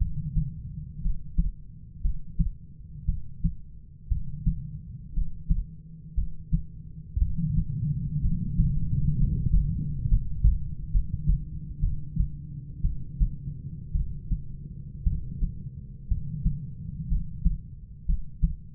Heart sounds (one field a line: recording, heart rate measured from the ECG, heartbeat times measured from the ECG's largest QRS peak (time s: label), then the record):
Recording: heart sounds by stethoscope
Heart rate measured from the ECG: 60 bpm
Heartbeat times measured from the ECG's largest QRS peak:
1.01 s: heartbeat
2.01 s: heartbeat
3.05 s: heartbeat
4.08 s: heartbeat
5.13 s: heartbeat
6.14 s: heartbeat
7.18 s: heartbeat
8.21 s: heartbeat
9.16 s: heartbeat
10.07 s: heartbeat
10.90 s: heartbeat
11.80 s: heartbeat
12.81 s: heartbeat
13.92 s: heartbeat
15.03 s: heartbeat
16.08 s: heartbeat
17.08 s: heartbeat
18.06 s: heartbeat
From the record:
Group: healthy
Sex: female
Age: 37 years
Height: 168 cm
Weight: 70 kg